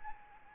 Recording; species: mosquito wingbeat signal from an infrared sensor; Aedes albopictus